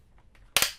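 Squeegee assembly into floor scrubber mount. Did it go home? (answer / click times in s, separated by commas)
yes / 0.6 s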